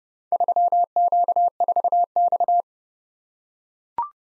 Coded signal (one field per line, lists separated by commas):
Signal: Morse code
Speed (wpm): 29 wpm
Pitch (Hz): 700 Hz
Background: none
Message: 3Q4X